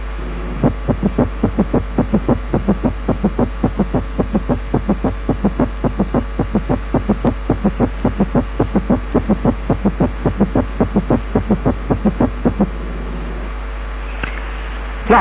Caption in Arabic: في تاكيكارديا يبقى الفيرست والسكند والثيرد هارت ساوندز على مسافات شبه متساوية من بعضهم،. وتتبعهم ورا بعض بيدي احساس بصوت زي صوت جري الحصان اللي هو الجلو. الثيرد هارت ساوند ممكن يكون نورمال فايندينج في الاطفال، لكن في الادلتس دايما ابنورمال، وبيحصل. اما في حالة الهارت فيلير وبيكون على صورة جلب.